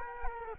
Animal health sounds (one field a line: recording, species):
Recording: mosquito wingbeat signal from an infrared sensor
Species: Culex quinquefasciatus